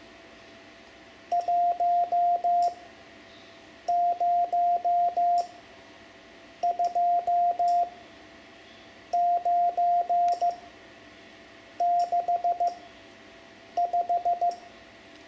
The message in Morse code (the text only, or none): 102965